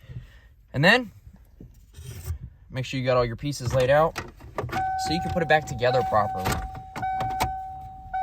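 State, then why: Seated. Someone talks while reassembling the instrument cluster area of a 1994 Ford Ranger pickup dashboard to realign the gear shift indicator needle. A plastic cluster/shift indicator piece is pressed into the dash and snaps into place with a sharp click at 8.1 s, seated.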